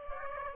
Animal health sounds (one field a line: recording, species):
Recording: mosquito wingbeat signal from an infrared sensor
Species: Aedes aegypti